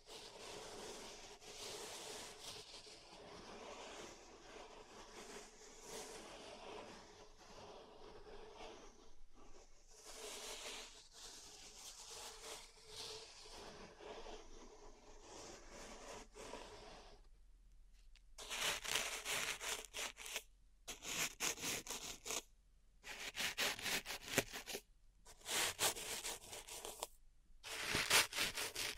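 Pink salt is raked in a zen garden, a steady gritty rubbing that turns into louder, separate scraping bursts with short silences after eighteen seconds.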